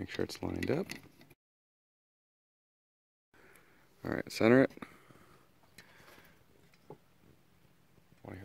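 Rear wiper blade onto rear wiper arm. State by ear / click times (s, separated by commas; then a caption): seated / 8.3 s. A new rear wiper blade is pushed onto the metal rear wiper arm of a 2010+ Ford Explorer or Ford Escape SUV while someone talks. The blade snaps into place with a sharp click at 8.3 s, seating it on the arm.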